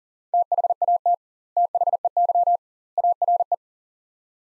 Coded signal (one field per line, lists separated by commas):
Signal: Morse code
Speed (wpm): 40 wpm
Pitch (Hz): 700 Hz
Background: none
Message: THAT THEY ARE